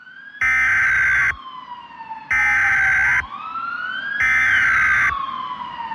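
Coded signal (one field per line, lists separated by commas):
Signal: Emergency Alert System (SAME) tones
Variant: header bursts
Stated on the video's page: This is a fictional EAS scenario.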